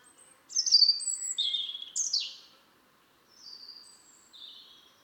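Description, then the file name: European robin song, a few thin, high warbled phrases with sliding whistles and trills, then softer, quieter notes near the end, over faint background hiss. "Erithacus rubecula"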